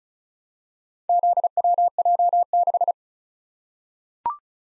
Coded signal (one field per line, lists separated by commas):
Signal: Morse code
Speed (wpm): 36 wpm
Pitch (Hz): 700 Hz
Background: none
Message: ZWJ6